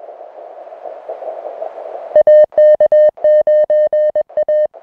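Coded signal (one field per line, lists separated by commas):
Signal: Morse code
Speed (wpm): 21 wpm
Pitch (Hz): 610 Hz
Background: music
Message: AK9A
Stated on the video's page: Unedited CW contacts from a summit activation of two Idaho summits, usable as CW practice.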